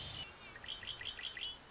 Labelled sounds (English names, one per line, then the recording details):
Red-winged Blackbird
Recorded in Sonoma County, California